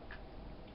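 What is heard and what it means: The latch clip on the female XLR cable connector is pressed and the cable is pulled out of a dynamic microphone, giving a short tick at 0.1 s over a steady low background hum. The connector is released and unplugged.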